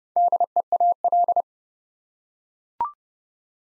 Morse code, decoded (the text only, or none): DEAL